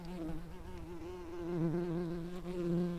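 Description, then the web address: Common carder bee buzz, a steady low droning hum with a wavering pitch that swells louder in the second half. Worker bees. "Pascuorum workers"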